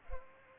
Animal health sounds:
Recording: mosquito wingbeat signal from an infrared sensor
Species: Culex pipiens

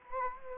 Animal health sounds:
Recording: mosquito wingbeat signal from an infrared sensor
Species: Anopheles gambiae

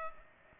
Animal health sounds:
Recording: mosquito wingbeat signal from an infrared sensor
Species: Culex pipiens

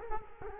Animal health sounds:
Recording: mosquito wingbeat signal from an infrared sensor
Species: Culex quinquefasciatus

